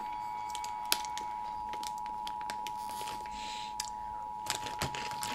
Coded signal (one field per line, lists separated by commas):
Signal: Emergency Alert System (SAME) tones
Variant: 853 and 960 Hz attention tone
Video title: EAS Scenario The Night of the Nightmares Reaction